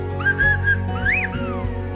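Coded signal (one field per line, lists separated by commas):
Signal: whistled language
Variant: Silbo Gomero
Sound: a clear whistle: three short level notes, then a rising-falling swoop and a descending glide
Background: low engine hum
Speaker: the Guanches the indigenous people of the island invaded the island and invented the syllable a whistling language that can carry a complex message up to five kilometers across the valleys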